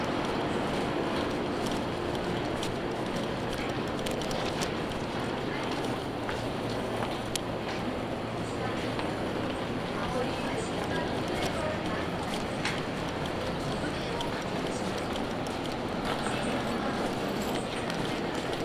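A train rolls along a single-track line at modest speed, its running noise a steady, dense rumble with a low hum underneath. Faint clicks and brief sharper ticks break through now and then, and a murmur of voices sits in the background throughout.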